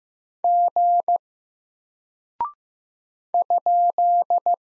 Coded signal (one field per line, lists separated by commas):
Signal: Morse code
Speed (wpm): 15 wpm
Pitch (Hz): 700 Hz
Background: none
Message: G ?